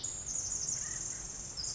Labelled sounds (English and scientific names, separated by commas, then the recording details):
Pacific Wren (Troglodytes pacificus)
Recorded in Sonoma County, California